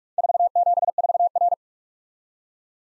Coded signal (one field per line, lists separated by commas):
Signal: Morse code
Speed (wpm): 44 wpm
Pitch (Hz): 700 Hz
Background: none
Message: 474R